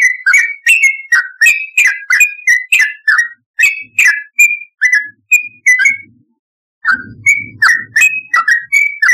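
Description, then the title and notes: Yellow-vented bulbul singing a rapid chain of liquid whistled notes in rhythmic bursts, a brief gap, then more chattering whistles. "Trucukan. Kicau Burung"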